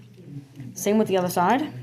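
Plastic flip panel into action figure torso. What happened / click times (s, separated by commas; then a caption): Plastic panel handled, not yet clicked shut / none. A plastic flip panel is handled against the torso of a Transformers Legacy Menasor action figure as the same fold is repeated on its other side. Soft handling noise, including a small bump near 0.6 s, comes before someone talks. Nothing has clicked or seated yet.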